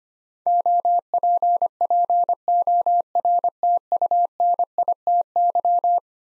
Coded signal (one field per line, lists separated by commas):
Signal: Morse code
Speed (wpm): 25 wpm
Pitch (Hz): 700 Hz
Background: none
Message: OPPORTUNITY